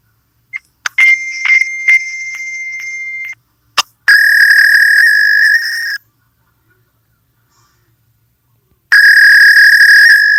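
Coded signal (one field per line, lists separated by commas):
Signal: fax machine handshake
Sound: steady high beep tone, then two bursts of buzzy warbling tone separated by silence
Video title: Fax machine sound effect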